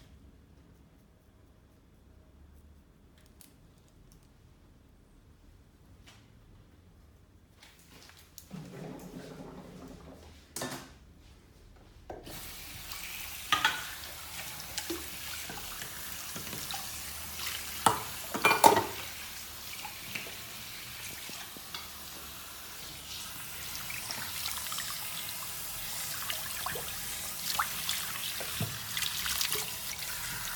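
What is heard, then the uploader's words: Quiet handling and soft knocks at first, then from about twelve seconds a steady rush of running water with splashes and clatters near eighteen seconds. Men's shave & Turkish massage. Beard cut, sheet washing and magic massage.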